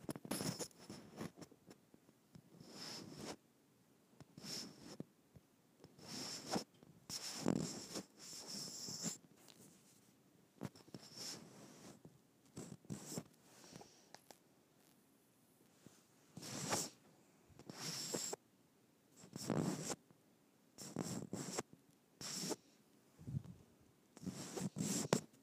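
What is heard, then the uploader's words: A microphone is rubbed against skin, producing bursts of dry, scratchy friction noise that rise and fall in irregular strokes about every second or two. Between strokes there are brief quiet gaps, and the rubbing stays rough and fairly bright throughout. ASMR Rubbing Microphone on my Skin.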